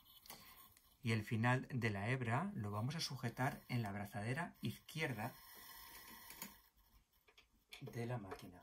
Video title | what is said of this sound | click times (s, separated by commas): Superba S47 - Singer MemoII/600. Punto Liso, Lazadas, Trabas y Jacquard Simple. | When you do it and you hear that click, it has already passed and we | 0.3 s